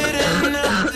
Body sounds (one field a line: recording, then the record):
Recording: coughing mixed with background sound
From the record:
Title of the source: female coughing - coughing sound effects girl